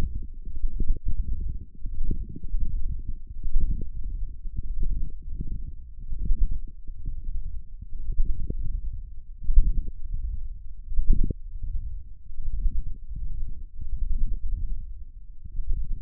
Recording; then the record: forearm muscle sounds (acoustic myography)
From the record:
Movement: wrist flexion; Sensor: system 1, eight BSWA MPA416 microphones around the upper forearm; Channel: 8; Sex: male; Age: 23 years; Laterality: right